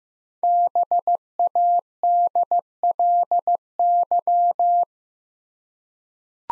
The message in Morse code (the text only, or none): BADLY